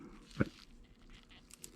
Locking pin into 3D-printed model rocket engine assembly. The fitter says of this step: you press down you heard it kind of snap into place sometimes it snaps sometimes it just sits there but